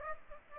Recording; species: mosquito wingbeat signal from an infrared sensor; Aedes aegypti